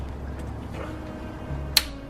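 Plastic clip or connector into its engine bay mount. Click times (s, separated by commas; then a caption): 1.8 s. A plastic clip or connector on a BMW 3 Series is pressed back into its engine bay mount during a starter replacement. After low steady background hum, a single loud, sharp click sounds at 1.8 seconds as the clip snaps home and seats.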